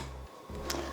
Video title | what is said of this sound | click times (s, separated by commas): Small Business Vlog:Work With Me On A Appliqué Mama Embroidery Sweatshirt - Ricoma EM1010 StepByStep | you know it's loaded when you hear it Click | 0.7 s